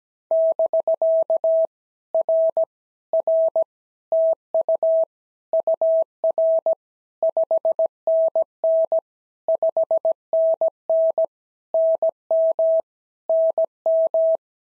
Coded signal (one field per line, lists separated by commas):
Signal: Morse code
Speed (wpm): 18 wpm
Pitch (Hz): 650 Hz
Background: none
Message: <BK> R R TU UR 5NN 5NN NM NM